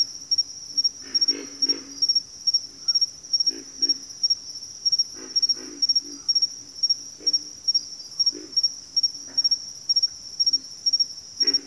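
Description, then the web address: Pig frog grunting calls, low pig-like grunts in short clusters at irregular intervals, over a steady high cricket trill. "Sleep Sounds of Nature. Pig Frogs"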